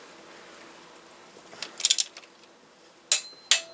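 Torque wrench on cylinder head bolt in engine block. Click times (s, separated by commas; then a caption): 3.5 s. A torque wrench tightens cylinder head bolt number 2 in the engine block of a Kia Forte/Soul 1.8/2.0 Nu engine during a head gasket replacement. A few light metallic ticks come around 1.6 to 2.0 seconds, then a sharp snap at 3.1 seconds. The wrench gives its loud, crisp click at 3.5 seconds, showing the bolt has reached the torque setting.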